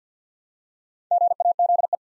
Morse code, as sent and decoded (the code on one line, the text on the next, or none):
--. .- --.. .
GAZE